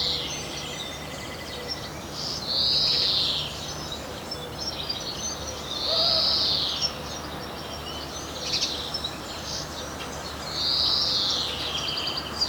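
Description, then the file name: European greenfinch giving drawn-out buzzy wheezes, three of them spaced a few seconds apart over a steady hiss of background noise. "Chloris chloris"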